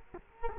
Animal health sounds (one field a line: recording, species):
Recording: mosquito wingbeat signal from an infrared sensor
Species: Culex quinquefasciatus